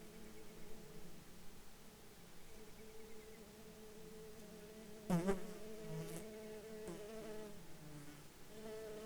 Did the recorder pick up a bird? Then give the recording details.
no. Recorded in Ivvavik National Park, Yukon, on 1 July 2019 at 10:43. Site SINP09